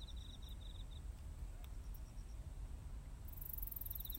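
Cricket trill made of rapid high pulses in broken bursts at the start, with another burst beginning near the end, over low background rumble.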